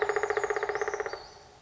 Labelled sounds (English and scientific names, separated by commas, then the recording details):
Brown Creeper (Certhia americana)
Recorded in Sonoma County, California